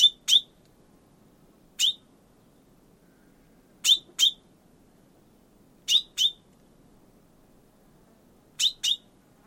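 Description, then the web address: Bird uttering sharp chirps, mostly in pairs with one single, repeated every couple of seconds above a faint low hum. "Bird Only"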